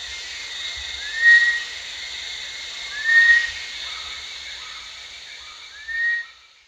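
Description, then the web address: Rufous-tailed shama calling with single bright upslurred whistles spaced roughly two to three seconds apart, softer fainter notes between, and continuous insect drone. Recorded at Danum on 1 January 2008. "DANUM 20080101. sound rufous-tailed shama"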